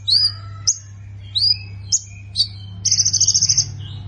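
Plain prinia giving several separate sweeping high notes, then a rapid buzzy trill near the end, over a steady low hum.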